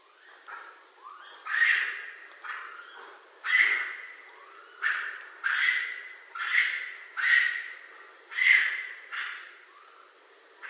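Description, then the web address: Raccoon giving a run of harsh, squealing cries, several bursts at uneven intervals, some louder and rasping, others softer and whining. Recorded 9 April 2012. "Raccoon 2012 04 09"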